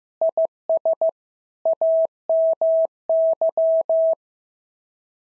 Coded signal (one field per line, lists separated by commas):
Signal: Morse code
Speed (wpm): 14 wpm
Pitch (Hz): 650 Hz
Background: none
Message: IS AMY